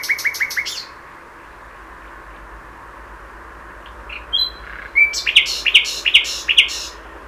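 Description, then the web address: Common nightingale song: a rapid repeated note series, a pause, then soft whistles swelling into loud rhythmic repeated chirps. "SETE Luscinia megarhynchos"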